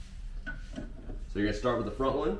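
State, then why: Not seated. The front (thinner) socket end of a new Paragon Performance carbon fiber hood strut for a C8 Corvette is being handled and positioned at the front ball stud of the car hood, to be pressed on without pulling the metal retaining clip. Someone talks throughout over faint handling and rubbing sounds. Nothing has seated or clicked yet.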